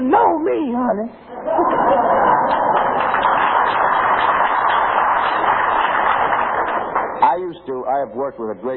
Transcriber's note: applause from audience